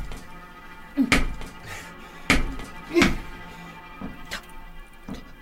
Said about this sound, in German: Da klopft was.